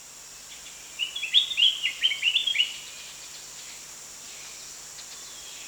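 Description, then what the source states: Spectacled bulbul with a brief series of several quick, slurred high notes, over a steady high-pitched insect hum. Recorded at Danum on 1 January 2008.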